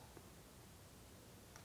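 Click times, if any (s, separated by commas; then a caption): none. A new rear power window switch for a 2007-2014 GMC Sierra 2500 HD is handled and lined up against the plastic door trim switch panel, making only faint, low rustling handling noise. Nothing has seated or clicked yet; the clip ends just before the switch is pressed home.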